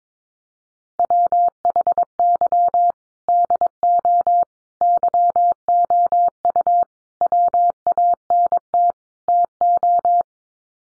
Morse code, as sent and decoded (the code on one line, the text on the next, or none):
.-- .... -.-- / -.. --- / -.-- --- ..- / .-- .- -. - / - ---
WHY DO YOU WANT TO